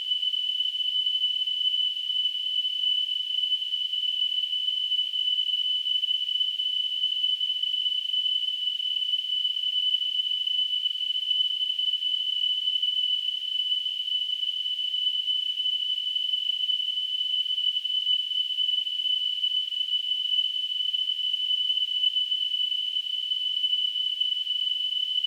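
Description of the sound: A steady, high-pitched whistling tone with a faint surrounding hiss holds unchanged for about 25 seconds, with no low sounds at all. This is a simulation of tonal tinnitus, the constant ringing a person with the condition perceives.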